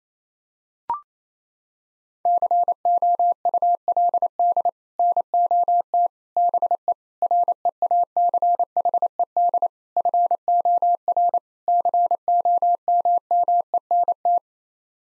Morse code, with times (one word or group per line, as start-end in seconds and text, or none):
2.3-4.7 COULD
5.0-6.1 NOT
6.4-6.9 BE
7.2-9.7 REACHED
10.0-11.4 FOR
11.7-14.4 COMMENT